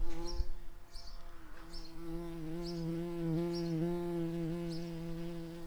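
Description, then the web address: Garden bumblebee buzzing, a steady low drone with slight wavering pitch throughout, plus faint high chirps at intervals. Workers. "bumblebees Hortorum-workers"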